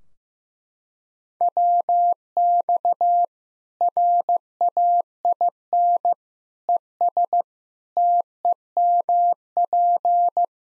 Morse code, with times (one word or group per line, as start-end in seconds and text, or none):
1.4-3.2 WX
3.8-6.1 RAIN
6.7-7.4 ES
8.0-10.4 TEMP